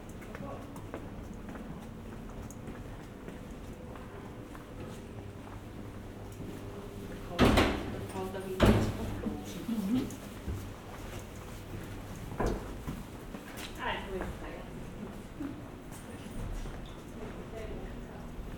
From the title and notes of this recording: Walking through Piran, Slovenia. Recorded with binaural microphones Roland CS10EM, on my head, with a Zoom H1n.